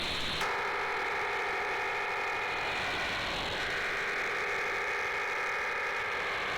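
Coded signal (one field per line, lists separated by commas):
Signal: HF data modem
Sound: sudden loud steady rushing hiss with a buzzy multi-tone texture, changing slightly halfway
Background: radio static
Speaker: Yeah, so this is the data being sent here. And I've read that, like, they send files. They're like, I don't know what kind of files they are, but they might be like text files or something. And that it just contains like encrypted data.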